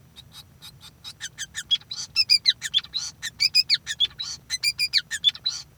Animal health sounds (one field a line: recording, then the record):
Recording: song of a male Bengalese finch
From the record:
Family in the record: son of father 5